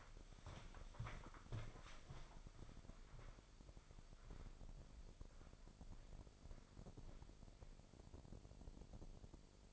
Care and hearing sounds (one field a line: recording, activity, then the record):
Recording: daily activity, microphone in the room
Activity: walk to room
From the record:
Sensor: 5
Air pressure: 995.7 hPa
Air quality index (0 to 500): 108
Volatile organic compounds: 8 ppm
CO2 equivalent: 2086 ppm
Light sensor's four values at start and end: 37/88/36/37 and 38/93/37/38